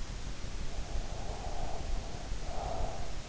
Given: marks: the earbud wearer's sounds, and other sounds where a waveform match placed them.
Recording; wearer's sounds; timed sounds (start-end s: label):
sounds in sleep by an in-ear microphone; breath
1.04-3.18 s: breath